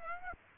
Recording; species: mosquito wingbeat signal from an infrared sensor; Aedes aegypti